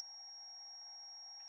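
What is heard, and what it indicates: Faint, steady high-pitched ringing tone over soft hiss, simulating quiet tinnitus heard only in the left ear.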